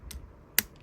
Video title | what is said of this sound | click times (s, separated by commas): Takara Tomy Transformers Missing Link C-08 Arcee Review | all the way till you hear that snap. | 0.6 s